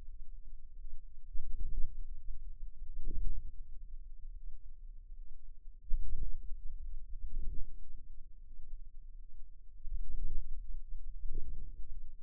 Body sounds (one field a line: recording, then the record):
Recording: forearm muscle sounds (acoustic myography)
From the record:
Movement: hand closing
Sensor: system 2, bracelet of six BSWA MPA416 microphones around the upper forearm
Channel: 6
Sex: female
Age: 23 years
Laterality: right